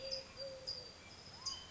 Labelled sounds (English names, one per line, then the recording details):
Eurasian Collared Dove
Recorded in Sonoma County, California